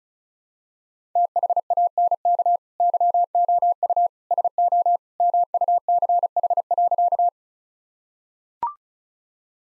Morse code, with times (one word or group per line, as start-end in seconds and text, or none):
1.2-2.6 THANK
2.8-4.1 YOU
4.3-5.0 SO
5.2-7.3 MUCH.